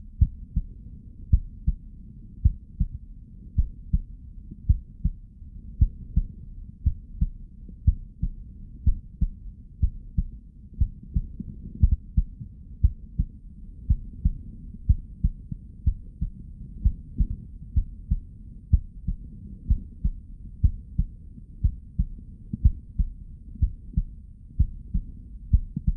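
Steady, deep paired lub-dub thumps of a normal adult heartbeat at about 85 beats a minute, heard through a stethoscope on the chest, with a low whooshing hum of blood flow.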